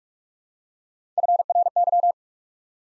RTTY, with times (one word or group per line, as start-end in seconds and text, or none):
none